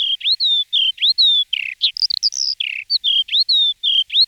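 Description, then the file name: Eurasian skylark song, fast and continuous, with short repeated high whistled and buzzy phrases tumbling in quick succession. Recorded in 2004. "roche 2004 feldlerche"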